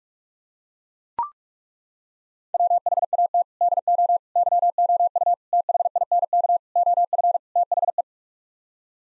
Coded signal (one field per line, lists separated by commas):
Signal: Morse code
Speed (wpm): 41 wpm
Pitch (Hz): 700 Hz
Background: none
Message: WHAT DO YOU THINK OF THE